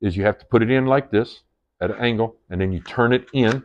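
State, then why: Not seated. A hatchet head is being handled into a pack-mounted plastic holder, going in at an angle to be turned until it locks, while someone talks throughout. No click is heard; nothing has seated yet.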